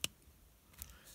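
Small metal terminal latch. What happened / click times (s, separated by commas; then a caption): The wire terminal clicked free of its connector / 0.0 s. A pin removal tool is wedged into a plastic car stereo wiring connector beside a crimped metal wire terminal, and the wire is pulled. The terminal's lock lets go with a sharp click at 0.0 s, releasing the terminal from the connector. Fainter ticks follow at about 0.8 s and 0.9 s.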